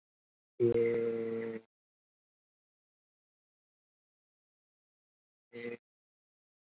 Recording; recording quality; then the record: sustained vowel as in made; poor, much background noise or distortion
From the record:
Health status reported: COVID-19 positive, moderate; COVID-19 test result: positive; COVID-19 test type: RT-PCR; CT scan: not taken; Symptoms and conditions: cough, sore throat, fever, fatigue, muscle pain, loss of smell and taste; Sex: male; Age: 25 years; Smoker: no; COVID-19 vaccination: both doses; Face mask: worn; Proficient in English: no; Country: India